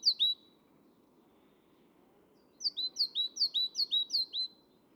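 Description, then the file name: Great tit: a brief phrase at the start, a quiet gap, then a rhythmic series of about five high two-note phrases, each dropping from a higher note to a lower one. "Parus major"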